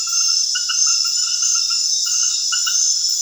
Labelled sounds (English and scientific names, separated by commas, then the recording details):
none
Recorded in secondary vegetation near Puerto Asís, Putumayo, Colombia, on 29 June 2025 at 21:30
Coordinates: 0.498, -76.327
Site GP09